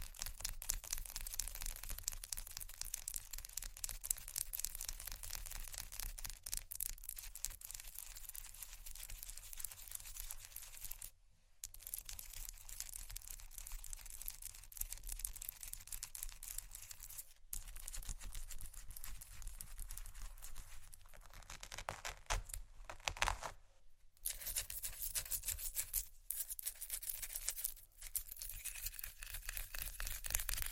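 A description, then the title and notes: Fast tapping and scratching on ice runs through nearly the whole clip, a dense, crisp patter of clicks and rasping scrapes. The rhythm is quick and uneven, broken by brief full stops around 11, 17, 24, 26 and 28 seconds. ASMR fast Ice Tapping, Scratching, Rolling (No Talking).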